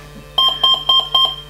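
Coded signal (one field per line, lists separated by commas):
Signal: beep code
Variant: brushless ESC programming mode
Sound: four short, evenly spaced electronic beeps over a low hum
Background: low electrical hum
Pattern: 4 short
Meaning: Menu item 4: cut-off threshold setting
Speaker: 4 bips cut off switch hold.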